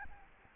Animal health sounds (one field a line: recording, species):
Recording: mosquito wingbeat signal from an infrared sensor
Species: Aedes albopictus